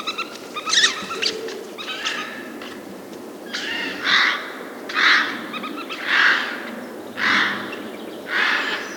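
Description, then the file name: Eurasian jay screeching loudly, a series of harsh rasping calls repeated about once a second, with scratchy notes at the start. "Garrulus glandarius"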